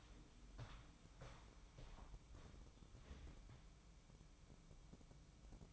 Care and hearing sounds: daily activity, microphone in the room; walk to room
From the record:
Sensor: 1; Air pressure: 1008.2 hPa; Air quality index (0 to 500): 140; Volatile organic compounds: 2 ppm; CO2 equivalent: 1170 ppm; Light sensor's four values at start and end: 10/23/9/10 and 10/23/9/10

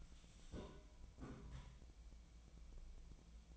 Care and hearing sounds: daily activity, microphone in the room; take from stove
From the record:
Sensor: 1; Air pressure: 1009.9 hPa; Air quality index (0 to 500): 187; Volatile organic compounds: 17 ppm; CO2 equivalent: 2572 ppm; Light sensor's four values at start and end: 38/96/40/49 and 37/95/40/48

